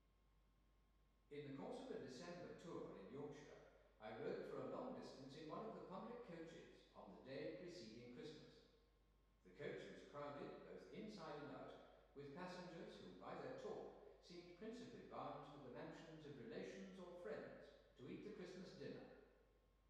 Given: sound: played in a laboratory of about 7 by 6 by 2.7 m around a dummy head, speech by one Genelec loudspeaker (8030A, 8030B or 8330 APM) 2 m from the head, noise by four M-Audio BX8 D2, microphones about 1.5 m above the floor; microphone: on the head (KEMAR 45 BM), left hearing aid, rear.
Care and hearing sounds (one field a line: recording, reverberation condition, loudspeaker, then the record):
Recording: male speech in English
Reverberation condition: high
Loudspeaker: 90 degrees to the right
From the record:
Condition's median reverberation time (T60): about 1300 ms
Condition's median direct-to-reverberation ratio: about -4.0 dB